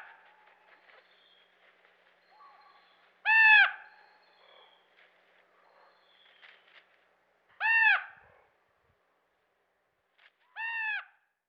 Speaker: Here's an interesting situation. Several common ravens are harassing a bald eagle on the nest.